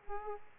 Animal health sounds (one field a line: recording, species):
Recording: mosquito wingbeat signal from an infrared sensor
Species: Aedes aegypti